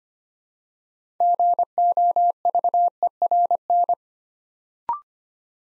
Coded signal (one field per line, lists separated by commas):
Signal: Morse code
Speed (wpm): 25 wpm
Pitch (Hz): 700 Hz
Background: none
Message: GOVERN